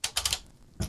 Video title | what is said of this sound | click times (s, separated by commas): It's HUGE but is it GOOD? MEGA Construx Tesla Cybertruck Review! New 2021 Set! | as i lift this up you'll hear a click | 0.0 s